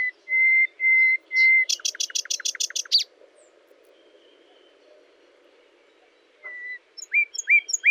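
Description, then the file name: Common nightingale singing long, pure, steady whistles, then a rapid rattling volley of sharp clicks; after a pause, a short whistle and rising notes begin again. "Luscinia megarhynchos"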